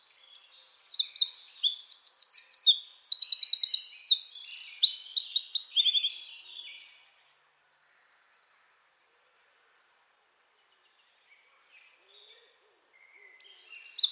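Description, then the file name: Eurasian wren song: a loud, rapid six-second outburst of high trills and shrill notes, followed by silence before another burst begins. "Troglodytes troglodytes"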